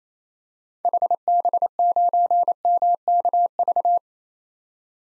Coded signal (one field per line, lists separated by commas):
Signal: Morse code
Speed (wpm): 28 wpm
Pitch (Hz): 700 Hz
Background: none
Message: HB9MKV